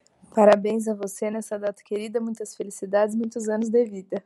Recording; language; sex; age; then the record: short text; Brazilian Portuguese; female; 30 to 39 years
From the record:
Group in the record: control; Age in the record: 31 years